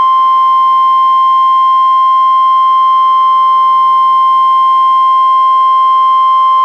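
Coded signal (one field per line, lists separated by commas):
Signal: Emergency Alert System (SAME) tones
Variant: 1050 Hz attention tone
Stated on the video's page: Required weekly tests issued by the weather service, relayed by a weather radio station, recorded from a Reecom R-1630 weather radio to computer via USB.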